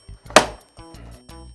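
A blind's headrail is pushed up into its wall or window mounting brackets until it snaps in, with one sharp, loud hit at 0.4 s over background music. The headrail is seated in the brackets.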